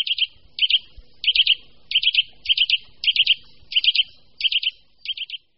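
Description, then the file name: Eurasian nuthatch calls, sharp high notes in quick groups of two to four, repeated in an even series. "Brhlík-lesní"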